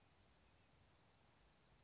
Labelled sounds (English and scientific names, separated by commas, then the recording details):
Bewick's Wren (Thryomanes bewickii)
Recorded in Sonoma County, California